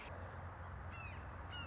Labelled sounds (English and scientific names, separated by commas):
Red-shouldered Hawk (Buteo lineatus)